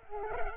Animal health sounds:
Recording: mosquito wingbeat signal from an infrared sensor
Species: Culex pipiens

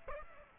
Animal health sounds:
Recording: mosquito wingbeat signal from an infrared sensor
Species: Aedes aegypti

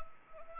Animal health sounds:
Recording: mosquito wingbeat signal from an infrared sensor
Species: Anopheles arabiensis

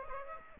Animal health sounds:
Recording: mosquito wingbeat signal from an infrared sensor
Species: Aedes aegypti

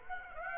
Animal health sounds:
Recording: mosquito wingbeat signal from an infrared sensor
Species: Aedes aegypti

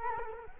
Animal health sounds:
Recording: mosquito wingbeat signal from an infrared sensor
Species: Culex quinquefasciatus

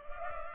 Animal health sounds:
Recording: mosquito wingbeat signal from an infrared sensor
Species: Culex pipiens

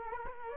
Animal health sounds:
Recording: mosquito wingbeat signal from an infrared sensor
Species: Aedes aegypti

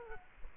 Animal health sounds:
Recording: mosquito wingbeat signal from an infrared sensor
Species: Culex quinquefasciatus

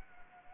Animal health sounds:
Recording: mosquito wingbeat signal from an infrared sensor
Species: Anopheles gambiae

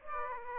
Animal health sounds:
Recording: mosquito wingbeat signal from an infrared sensor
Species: Aedes aegypti

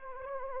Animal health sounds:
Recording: mosquito wingbeat signal from an infrared sensor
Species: Anopheles arabiensis

